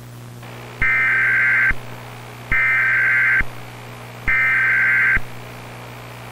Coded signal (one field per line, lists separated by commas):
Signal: Emergency Alert System (SAME) tones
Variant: header bursts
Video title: EAS Scenario | SCP-966 "Sleep Killer" | Alert Containment Breach